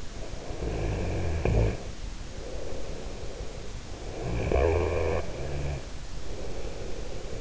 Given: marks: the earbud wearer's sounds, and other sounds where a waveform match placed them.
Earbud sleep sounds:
sounds in sleep by an in-ear microphone; snoring breath
0.09-3.76 s: snoring breath
3.95-7.41 s: snoring breath

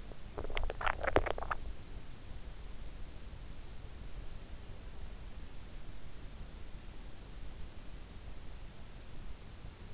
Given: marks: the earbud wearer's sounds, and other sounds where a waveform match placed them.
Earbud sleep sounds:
sounds in sleep by an in-ear microphone; swallowing
0.00-1.87 s: swallowing

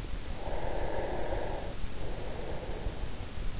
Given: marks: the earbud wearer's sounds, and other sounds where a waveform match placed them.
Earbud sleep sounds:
sounds in sleep by an in-ear microphone; breath
0.34-3.27 s: breath

